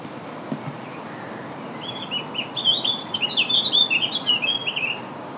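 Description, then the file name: Eurasian blackcap song: a fast, fluty warbling phrase of quick varied notes lasting about three seconds over a steady background hiss. "Sylvia atricapilla"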